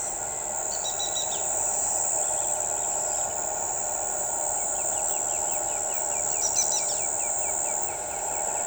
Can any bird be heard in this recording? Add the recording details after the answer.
yes. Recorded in shrubland near Pivijay, Magdalena, Colombia, on 14 April 2023 at 05:30. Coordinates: 10.453, -74.365. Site P5-G022